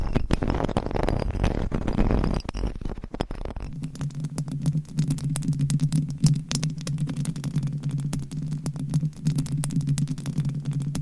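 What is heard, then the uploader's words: Fingernails scratch and tap on a microphone cover. For the first three and a half seconds a dense, rough rubbing fills the low and middle range, then it gives way to a steady low hum under quick, crisp ticking scratches that continue to the end. ASMR Mic Scratching - Brain Scratching with 54 DIFFERENT MICS Covers & Nails No Talking.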